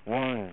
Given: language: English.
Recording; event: throat vibration sensor signal played as sound; speech